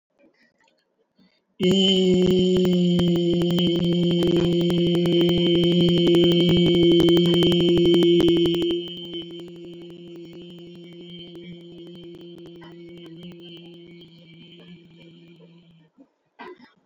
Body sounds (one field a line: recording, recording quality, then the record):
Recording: sustained vowel as in beet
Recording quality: moderate, slight background noise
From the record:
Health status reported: COVID-19 positive, mild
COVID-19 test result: positive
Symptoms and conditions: fatigue, loss of smell and taste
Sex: male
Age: 35 years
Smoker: not ticked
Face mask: worn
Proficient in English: yes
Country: India